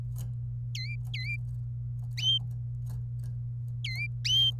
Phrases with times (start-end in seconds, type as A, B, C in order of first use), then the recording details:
0.74-1.35 A, 3.85-4.06 A. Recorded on 27 April 2018 at 10:53. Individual llb3